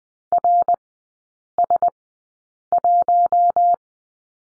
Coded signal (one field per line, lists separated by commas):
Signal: Morse code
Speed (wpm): 20 wpm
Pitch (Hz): 700 Hz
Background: none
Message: RS1